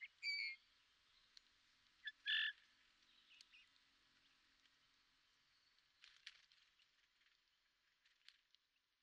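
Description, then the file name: Eurasian bullfinch giving two short, soft whistled notes about two seconds apart, followed by faint scattered clicks and ticks. "Pyrrhula pyrrhula"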